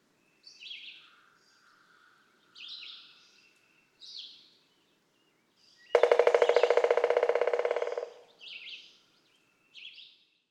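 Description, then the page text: Pileated Woodpecker drumming: one loud, rapid roll of knocks lasting about two seconds, set among repeated high chirping phrases of other birds. Four drum rolls; May 15, 2004, Breaks Interstate Park, Breaks, Virginia. "Birdsong for the Curious Naturalist. Pileated woodpecker"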